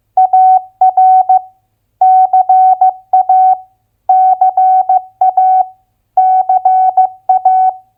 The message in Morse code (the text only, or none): AR CA CA CA